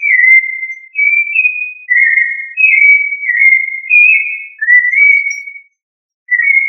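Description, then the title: Thrush song of clear whistled phrases that slide and step around one steady pitch, given in quick succession with brief pauses between them. "Familia Turdidae - Sabia"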